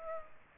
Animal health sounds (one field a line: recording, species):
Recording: mosquito wingbeat signal from an infrared sensor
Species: Aedes aegypti